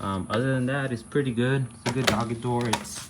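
A dog door flap is being handled near its frame, where a magnet catch holds it shut, while someone talks throughout. A few brief knocks sound under the voice near the end. Nothing has seated or clicked yet.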